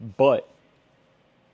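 A magazine sits only partly seated in the magazine well of a Derya DY12 shotgun, looking inserted but not home. Someone talks briefly near the start, followed by a faint steady hum for the rest of the clip. Nothing has seated or clicked yet.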